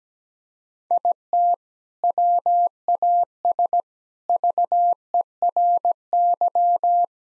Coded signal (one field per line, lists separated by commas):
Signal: Morse code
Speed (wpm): 17 wpm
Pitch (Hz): 700 Hz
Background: none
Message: IT WAS VERY